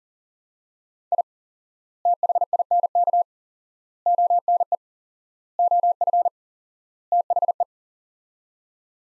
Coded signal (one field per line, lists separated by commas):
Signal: Morse code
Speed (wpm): 40 wpm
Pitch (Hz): 700 Hz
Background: none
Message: I THINK ONE OF THE